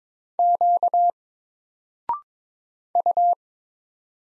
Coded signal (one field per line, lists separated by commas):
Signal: Morse code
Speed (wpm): 22 wpm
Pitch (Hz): 700 Hz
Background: none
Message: Q U